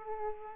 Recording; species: mosquito wingbeat signal from an infrared sensor; Aedes aegypti